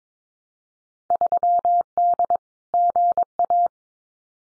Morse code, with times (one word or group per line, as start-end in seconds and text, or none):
1.1-2.4 3D
2.7-3.7 GA